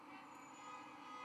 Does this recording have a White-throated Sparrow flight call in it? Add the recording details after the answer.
no. No flight call is heard. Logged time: 23:26 on 31 October 2014